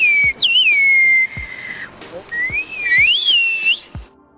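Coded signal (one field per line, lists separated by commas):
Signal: whistled language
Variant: Turkish kuş dili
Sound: loud gliding whistles rising and falling between high pitches, with pauses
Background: low thumps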